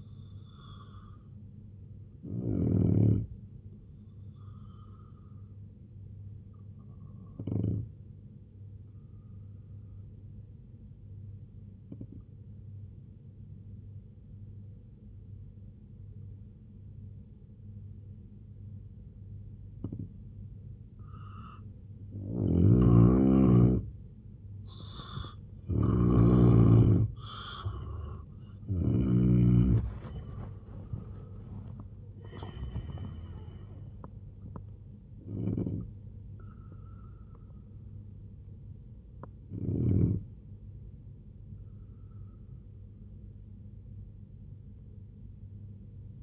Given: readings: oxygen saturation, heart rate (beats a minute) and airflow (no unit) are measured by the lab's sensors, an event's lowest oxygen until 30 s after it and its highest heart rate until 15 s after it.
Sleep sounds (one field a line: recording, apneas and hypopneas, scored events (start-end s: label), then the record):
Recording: breathing in sleep by a smartphone at the bedside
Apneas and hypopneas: 1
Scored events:
10.00-22.70 s: obstructive apnea (N2, oxygen 92% highest, then 83% lowest, heart rate 72 at the start, 95 highest)
From the record:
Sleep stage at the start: N2 (light sleep)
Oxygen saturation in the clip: 83 to 92%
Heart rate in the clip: 66 to 95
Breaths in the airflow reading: 5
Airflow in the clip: -10.1 to 6.1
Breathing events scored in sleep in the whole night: 258 in 7.4 hours asleep